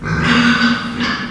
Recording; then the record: squeal of a Yucatan mini pig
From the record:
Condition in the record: after surgery on the right vocal fold (resection and tissue-engineered implant); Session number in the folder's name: 15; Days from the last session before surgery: 175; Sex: female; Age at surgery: 19 weeks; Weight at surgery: 25 kg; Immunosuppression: prednisolone